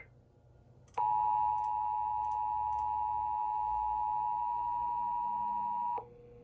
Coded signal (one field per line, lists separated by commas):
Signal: Emergency Alert System (SAME) tones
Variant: 853 and 960 Hz attention tone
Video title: EAS 1339-1342: All other Weekly Tests from 2/10/2021